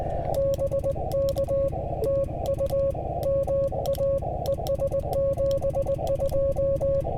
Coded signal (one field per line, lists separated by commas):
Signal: Morse code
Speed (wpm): 19 wpm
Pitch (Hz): 550 Hz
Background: none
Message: BK TU MA ES 72